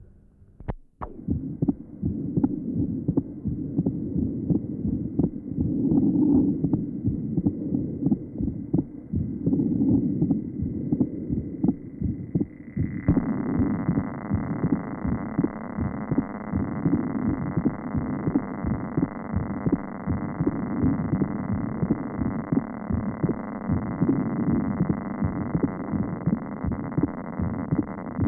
Recording taken at pulmonary area. Note the wide splitting of the second sound. Splitting measures 0.04 seconds on expiration and 0.09 seconds on inspiration.